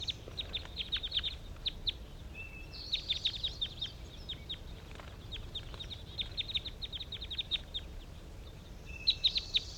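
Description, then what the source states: Crossbills give dense, rapid series of sharp, high chip notes, broken by a couple of short whistles and buzzy phrases. Soft low background noise runs throughout. Captive crossbills calling at about 10 a.m. in response to five wild birds flying over; recorded at a hillside net site.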